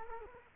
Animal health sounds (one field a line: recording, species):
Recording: mosquito wingbeat signal from an infrared sensor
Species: Culex quinquefasciatus